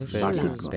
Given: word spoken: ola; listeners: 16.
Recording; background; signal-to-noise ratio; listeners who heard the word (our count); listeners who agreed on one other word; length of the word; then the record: one Spanish word in noise, from a listening test; four-talker babble; -2.4 dB; 0 of 16; 7 of 16; 0.37 s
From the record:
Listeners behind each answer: 7, 1, 1, 1, 1, 1, 1, 1, 1, 1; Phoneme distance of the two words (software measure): 35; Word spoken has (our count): 2 syllables, 3 phonemes, stress on syllable 1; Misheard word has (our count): 2 syllables, 4 phonemes, stress on syllable 1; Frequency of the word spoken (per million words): 14.99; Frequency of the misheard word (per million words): 36.91